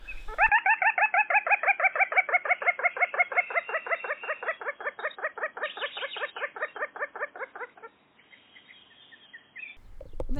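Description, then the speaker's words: Little crake call: a long series of many harsh, clucking notes, slightly falling in pitch, lasting about seven seconds before breaking off. Rare species hiding in reedbeds, very rarely heard in France, like a small brownish moorhen; recorded with trainees during an acoustic ornithology training course. "Alors on a eu par exemple la chance d'entendre de la marouette poussin, ce qui est quand même très difficile à entendre en France, donc une espèce qui se cache dans les roselières."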